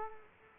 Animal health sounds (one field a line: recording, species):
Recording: mosquito wingbeat signal from an infrared sensor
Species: Culex quinquefasciatus